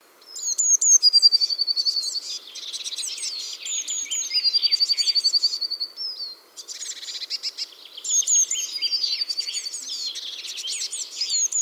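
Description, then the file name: Eurasian blue tit in bursts of high, sharp chattering, each holding a rapid, level trill, with brief pauses between bursts. "Cyanistes caeruleus"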